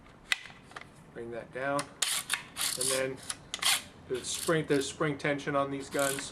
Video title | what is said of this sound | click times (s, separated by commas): FabricMate Wall Acoustic System Install Beginners Guide Part 2 of 2 | then it just locks into place | 0.3 s